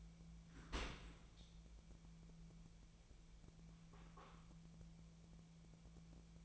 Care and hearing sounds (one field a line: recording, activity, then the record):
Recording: daily activity, microphone in the room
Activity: open dishwasher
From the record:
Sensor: 1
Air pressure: 1000.5 hPa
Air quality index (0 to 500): 184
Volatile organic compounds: 4 ppm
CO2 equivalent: 1694 ppm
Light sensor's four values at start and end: 13/31/13/15 and 13/31/13/15